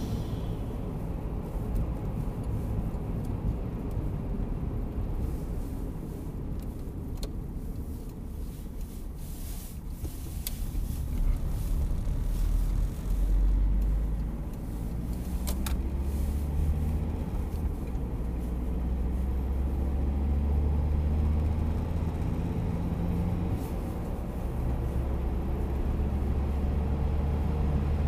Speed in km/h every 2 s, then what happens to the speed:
58, 54, 44, 30, 22, 17, 24, 32, 43, 50, 60, 65, 68, 75.
0-10 brakes to 17. 10-28 speeds up to 75.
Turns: 7-13.